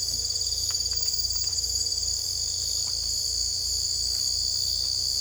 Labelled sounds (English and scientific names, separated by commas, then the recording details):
none
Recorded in secondary vegetation near Puerto Asís, Putumayo, Colombia, on 18 December 2024 at 00:00
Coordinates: 0.488, -76.319
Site GP04